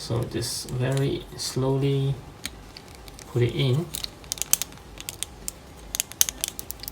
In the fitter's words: that in the space oh okay there's a clicking sound okay